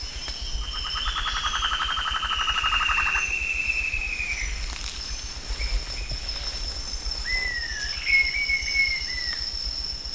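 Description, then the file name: Bird calls: a long whistle sliding gently downward with a rapid pulsed trill beneath, then short hooked whistles rising and falling, with a constant high whine behind. "SABIOD 50 bird 2015"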